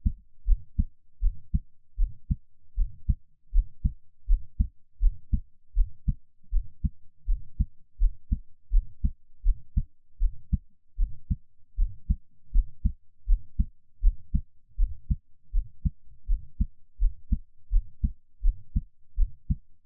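A normal adult heartbeat heard close up, with nothing else but the steady heart sounds, made as ASMR.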